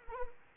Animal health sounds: mosquito wingbeat signal from an infrared sensor; Anopheles arabiensis

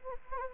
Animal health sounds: mosquito wingbeat signal from an infrared sensor; Anopheles gambiae

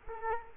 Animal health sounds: mosquito wingbeat signal from an infrared sensor; Culex quinquefasciatus

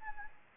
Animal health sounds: mosquito wingbeat signal from an infrared sensor; Anopheles arabiensis

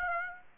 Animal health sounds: mosquito wingbeat signal from an infrared sensor; Aedes aegypti

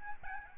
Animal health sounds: mosquito wingbeat signal from an infrared sensor; Aedes albopictus

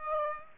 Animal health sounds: mosquito wingbeat signal from an infrared sensor; Aedes aegypti

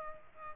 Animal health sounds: mosquito wingbeat signal from an infrared sensor; Aedes aegypti

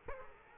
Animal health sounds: mosquito wingbeat signal from an infrared sensor; Culex quinquefasciatus

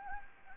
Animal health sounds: mosquito wingbeat signal from an infrared sensor; Anopheles gambiae

